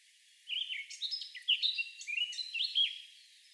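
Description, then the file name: Eurasian blackcap song: a lively two-and-a-half-second warble of jumbled chirps and clear whistled notes rising and falling, over soft background noise. "Sylvia atricapilla"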